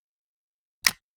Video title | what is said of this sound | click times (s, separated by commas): Pods de selección y combinación | cuando se conecta el módulo selección se oye un clic y aparece un bloque de código en la aplicación | 0.9 s